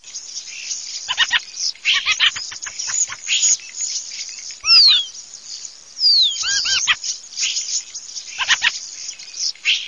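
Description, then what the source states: Common Starling calls: a busy jumble of clicks, rattles and short whistled notes, broken by a few louder downslurred whistles and harmonic squeals. Recorded in Cesena.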